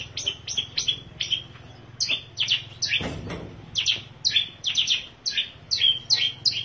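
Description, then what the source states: Long-tailed shrike singing a quick, varied jumble of chirps and sharp twittering notes in uneven bursts, one brief noisy rustle midway. Combination song.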